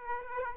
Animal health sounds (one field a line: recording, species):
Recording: mosquito wingbeat signal from an infrared sensor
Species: Aedes aegypti